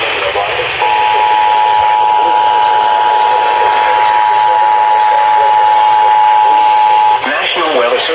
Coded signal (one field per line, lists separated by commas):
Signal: Emergency Alert System (SAME) tones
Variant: 853 and 960 Hz attention tone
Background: speech